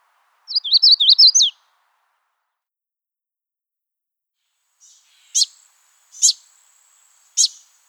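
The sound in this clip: Magnolia warbler: a short, sweet phrase of quick notes lasting about a second, followed after a pause by three sharp, separate notes.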